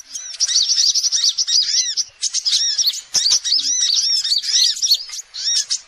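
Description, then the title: Sogok ontong singing a quick sequence of high, downslurred and arched notes in rapid bursts. Masteran song used for training birds. "Sogok Ontong Labaik"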